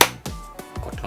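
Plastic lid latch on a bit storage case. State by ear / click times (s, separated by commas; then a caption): seated / 0.0 s. The plastic lid latch on a Milwaukee Shockwave Impact Duty driver bit storage case is pressed down firmly to lock it, giving a loud, sharp snap at 0.0 s. Softer knocks and taps follow around 0.3, 0.6, 0.8 and 1.0 s. The latch snaps shut and the lid is seated.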